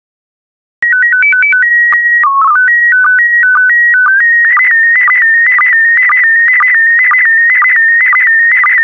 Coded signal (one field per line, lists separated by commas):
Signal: SSTV (slow-scan television)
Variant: PD 120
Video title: 152006 Tropical Plants SSTV PD120